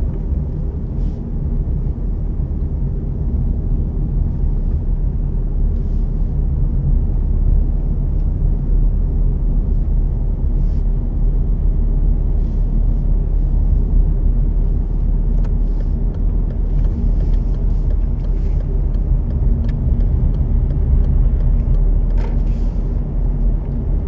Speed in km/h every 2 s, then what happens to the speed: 32, 32, 30, 31, 32, 32, 32, 33, 33, 32, 33, 35.
0-24 steady at about 32.